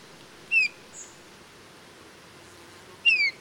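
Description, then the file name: Eurasian bullfinch giving two short, descending whistled calls about two and a half seconds apart, with a faint high note between them. "Pyrrhula pyrrhula"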